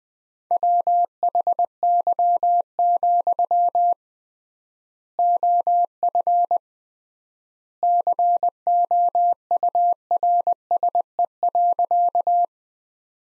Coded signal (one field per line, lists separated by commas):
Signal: Morse code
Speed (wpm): 20 wpm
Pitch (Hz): 700 Hz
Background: none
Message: WHY, OF COURSE.